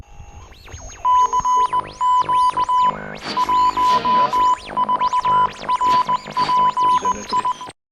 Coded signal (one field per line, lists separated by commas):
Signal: Morse code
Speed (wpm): 19 wpm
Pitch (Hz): 1000 Hz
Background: music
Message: CQ 14 RPI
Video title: RETEVIS MB63 CB RADIO, Cibi AM/FM